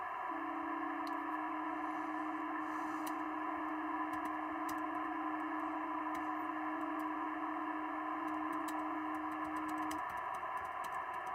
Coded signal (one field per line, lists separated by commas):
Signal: PSK31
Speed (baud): 31.25 baud